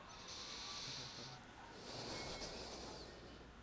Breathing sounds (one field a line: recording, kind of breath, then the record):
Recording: one breath in and out by a microphone near the nose and mouth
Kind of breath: deep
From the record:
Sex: male